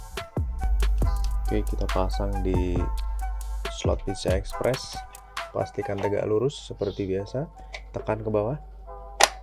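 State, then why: Seated. An ASUS GeForce GT 1030 2GB GDDR5 low-profile graphics card is held upright and pressed down into a motherboard's PCI Express slot while someone talks over background music. At 9.2 s, the slot's plastic retention latch gives a sharp click, and the card is seated and locked.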